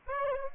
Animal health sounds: mosquito wingbeat signal from an infrared sensor; Aedes aegypti

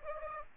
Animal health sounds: mosquito wingbeat signal from an infrared sensor; Aedes aegypti

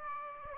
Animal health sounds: mosquito wingbeat signal from an infrared sensor; Aedes aegypti

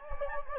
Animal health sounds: mosquito wingbeat signal from an infrared sensor; Anopheles gambiae

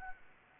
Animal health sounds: mosquito wingbeat signal from an infrared sensor; Anopheles arabiensis

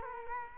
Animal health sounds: mosquito wingbeat signal from an infrared sensor; Culex quinquefasciatus

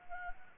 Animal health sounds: mosquito wingbeat signal from an infrared sensor; Anopheles arabiensis

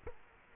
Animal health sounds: mosquito wingbeat signal from an infrared sensor; Culex quinquefasciatus

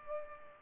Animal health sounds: mosquito wingbeat signal from an infrared sensor; Culex pipiens

